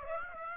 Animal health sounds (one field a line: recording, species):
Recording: mosquito wingbeat signal from an infrared sensor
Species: Aedes aegypti